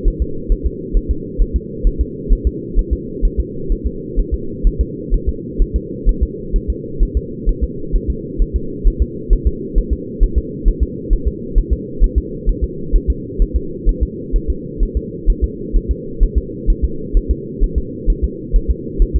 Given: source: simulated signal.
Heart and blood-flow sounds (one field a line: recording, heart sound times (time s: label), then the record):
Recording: fetal heart sounds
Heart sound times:
0.08 s: S1
0.22 s: S2
0.52 s: S1
0.66 s: S2
0.97 s: S1
1.11 s: S2
1.42 s: S1
1.56 s: S2
1.87 s: S1
2.01 s: S2
2.33 s: S1
2.47 s: S2
2.79 s: S1
2.93 s: S2
3.25 s: S1
3.40 s: S2
3.72 s: S1
3.87 s: S2
4.19 s: S1
4.34 s: S2
4.67 s: S1
4.81 s: S2
5.14 s: S1
5.29 s: S2
5.62 s: S1
5.76 s: S2
6.09 s: S1
6.23 s: S2
6.56 s: S1
6.70 s: S2
7.03 s: S1
7.17 s: S2
7.49 s: S1
7.63 s: S2
7.95 s: S1
8.10 s: S2
8.42 s: S1
8.56 s: S2
8.87 s: S1
9.02 s: S2
9.33 s: S1
9.47 s: S2
9.78 s: S1
9.93 s: S2
10.23 s: S1
10.38 s: S2
10.68 s: S1
10.83 s: S2
11.13 s: S1
11.28 s: S2
11.58 s: S1
11.73 s: S2
12.04 s: S1
12.18 s: S2
12.49 s: S1
12.64 s: S2
12.95 s: S1
13.10 s: S2
13.42 s: S1
13.56 s: S2
13.89 s: S1
14.03 s: S2
14.36 s: S1
14.50 s: S2
14.83 s: S1
14.97 s: S2
15.30 s: S1
15.44 s: S2
15.76 s: S1
15.91 s: S2
16.23 s: S1
16.38 s: S2
16.70 s: S1
16.84 s: S2
17.17 s: S1
17.31 s: S2
17.63 s: S1
17.78 s: S2
18.10 s: S1
18.24 s: S2
18.56 s: S1
18.70 s: S2
19.02 s: S1
19.16 s: S2
From the record:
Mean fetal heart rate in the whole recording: 130 bpm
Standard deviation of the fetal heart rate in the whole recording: 2 bpm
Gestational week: 38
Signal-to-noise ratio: -4.3 dB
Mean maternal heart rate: 72 bpm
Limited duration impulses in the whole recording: absent